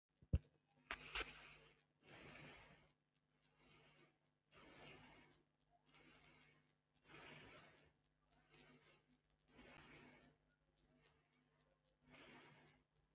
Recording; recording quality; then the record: shallow breathing; excellent, no background noise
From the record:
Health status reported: healthy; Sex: male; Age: 25 years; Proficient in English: yes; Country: India